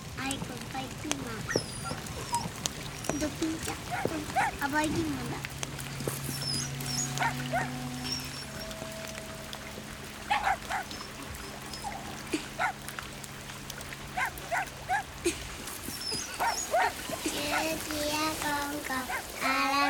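Poppu, a small fox-like dog, yips in quick, high-pitched bursts and lets out thin, wavering whimpers by a fire where rice balls are being roasted, with a low steady hum running underneath for part of the time.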